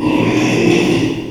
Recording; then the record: squeal of a Yucatan mini pig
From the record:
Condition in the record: after surgery on the right vocal fold (resection and tissue-engineered implant); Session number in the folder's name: 1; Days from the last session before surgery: 6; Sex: male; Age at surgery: 12 weeks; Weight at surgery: 13 kg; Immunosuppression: cyclosporine, prednisolone